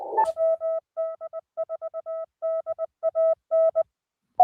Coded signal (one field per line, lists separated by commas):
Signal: none